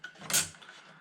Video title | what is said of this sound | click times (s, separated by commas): STEM Activity Tutorial - Renewable Energy Sources | and you'll hear it click into place | 0.0 s